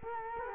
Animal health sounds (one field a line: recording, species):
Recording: mosquito wingbeat signal from an infrared sensor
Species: Culex quinquefasciatus